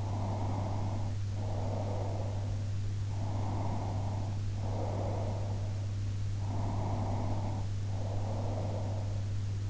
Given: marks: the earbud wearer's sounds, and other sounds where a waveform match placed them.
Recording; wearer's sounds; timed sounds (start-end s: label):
sounds in sleep by an in-ear microphone; breath
0.00-2.87 s: breath
3.33-5.67 s: breath
6.51-9.35 s: breath